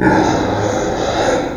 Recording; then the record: squeal of a Yucatan mini pig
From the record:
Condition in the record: before surgery on the right vocal fold (resection and tissue-engineered implant); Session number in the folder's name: 1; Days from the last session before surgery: -21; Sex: female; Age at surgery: 19 weeks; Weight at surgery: 25 kg